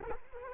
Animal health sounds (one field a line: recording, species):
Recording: mosquito wingbeat signal from an infrared sensor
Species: Culex quinquefasciatus